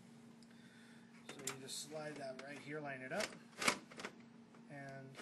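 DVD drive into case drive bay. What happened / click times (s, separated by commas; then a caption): The drive is being slid and lined up but has not seated yet / none. A DVD drive with side screws is slid along the rails of a computer case's drive bay while someone talks, with a few brief handling knocks of the drive against the bay. The drive has not snapped into place yet, so nothing has seated or clicked.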